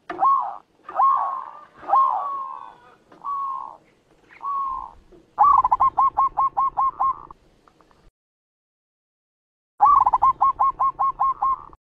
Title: Suara Perkutut Masteran